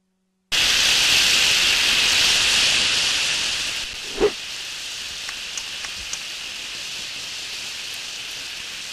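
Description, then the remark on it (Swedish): Pancake batter sizzles in a frying pan with a loud, steady hiss that eases off slightly midway, marked by one soft knock and a few faint crackling pops. No voices. “Sedan hällde hon smeten i stekpannan.”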